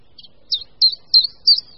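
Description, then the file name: Common chiffchaff song, a few high, sharp notes spaced about a third of a second apart, cut off abruptly at the end. "Budníček-menší"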